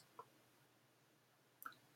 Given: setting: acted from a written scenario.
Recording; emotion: vocal sound without words; realization